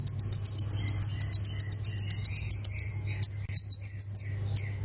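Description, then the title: Plain prinia song: a quick run of high, buzzy notes repeated about four times a second, then a few thinner, higher notes, over a steady low hum. "Ciblek Sawah"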